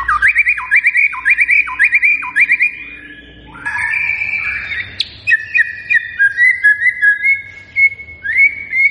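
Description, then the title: White-rumped shama giving quick repeated whistled phrases, then a varied section of steady, clear whistles. Lure recording of a lively singing white-rumped shama, meant to make birds respond. "PANCINGAN MEWAH MURAI BATU GACOR, SEKALI DENGAR AMPUH LANGSUNG RESPON"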